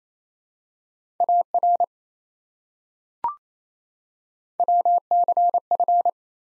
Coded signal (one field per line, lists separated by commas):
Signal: Morse code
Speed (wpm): 27 wpm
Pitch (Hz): 700 Hz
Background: none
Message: AR WCF